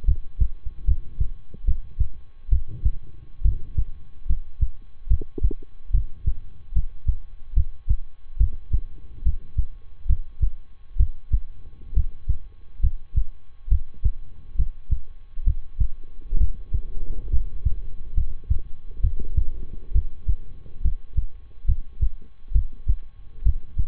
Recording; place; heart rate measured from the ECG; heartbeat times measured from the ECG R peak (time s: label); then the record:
heart sounds by stethoscope; between the tricuspid and mitral areas; 69 bpm
0.04 s: heartbeat
0.84 s: heartbeat
1.64 s: heartbeat
2.49 s: heartbeat
3.41 s: heartbeat
4.26 s: heartbeat
5.07 s: heartbeat
5.90 s: heartbeat
6.72 s: heartbeat
7.53 s: heartbeat
8.37 s: heartbeat
9.22 s: heartbeat
10.06 s: heartbeat
10.96 s: heartbeat
11.93 s: heartbeat
12.80 s: heartbeat
13.68 s: heartbeat
14.55 s: heartbeat
15.43 s: heartbeat
16.37 s: heartbeat
17.29 s: heartbeat
18.13 s: heartbeat
19.00 s: heartbeat
19.91 s: heartbeat
20.81 s: heartbeat
21.65 s: heartbeat
22.51 s: heartbeat
23.42 s: heartbeat
From the record:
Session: rest, lying down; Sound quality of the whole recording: good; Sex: male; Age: 23 years